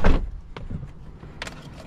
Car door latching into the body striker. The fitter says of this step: サッシュレスドアので密閉感はわかりづらいですがヒンジの取り付け制度などかなり精密感が高いパチンとした音がします